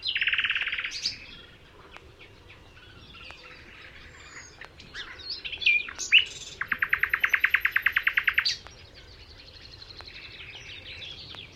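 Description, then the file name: Common nightingale song: varied phrases of sharp whistles and chirps, then a fast pulsed trill of repeated notes lasting about two seconds, followed by softer twittering. "Luscinia megarhynchos"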